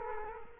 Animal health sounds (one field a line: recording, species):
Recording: mosquito wingbeat signal from an infrared sensor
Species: Culex quinquefasciatus